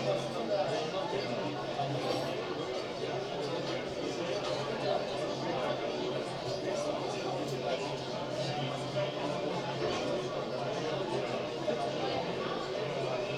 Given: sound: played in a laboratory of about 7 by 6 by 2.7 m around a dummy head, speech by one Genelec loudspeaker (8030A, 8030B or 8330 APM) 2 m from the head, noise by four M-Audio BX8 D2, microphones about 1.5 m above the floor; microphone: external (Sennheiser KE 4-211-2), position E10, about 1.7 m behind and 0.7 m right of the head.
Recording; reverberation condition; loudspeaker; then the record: cafeteria noise; low; four, about 170 cm from the corners of the room and facing them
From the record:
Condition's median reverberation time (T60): about 310 ms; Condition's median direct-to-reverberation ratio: about 3.5 dB